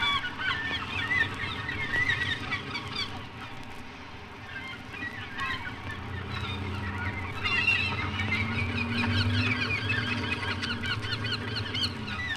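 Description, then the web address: A crowd of gulls cries and yelps continuously, thinning briefly in the middle then swelling again, with a low droning rumble and a few lower drawn-out notes. "sea gulls"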